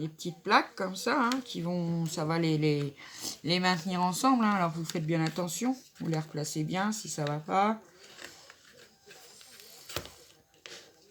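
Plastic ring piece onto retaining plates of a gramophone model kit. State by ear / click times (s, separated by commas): not seated / none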